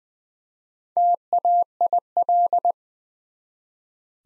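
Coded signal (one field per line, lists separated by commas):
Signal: Morse code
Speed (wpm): 20 wpm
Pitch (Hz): 700 Hz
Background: none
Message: TAIL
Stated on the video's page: Morse practice at 20 wpm, building four-letter words one letter at a time for instant character recognition training.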